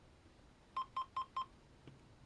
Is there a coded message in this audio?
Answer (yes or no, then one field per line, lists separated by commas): no